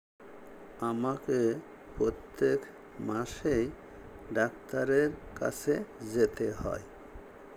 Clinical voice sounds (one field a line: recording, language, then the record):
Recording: elicited speech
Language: Bengali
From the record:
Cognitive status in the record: dementia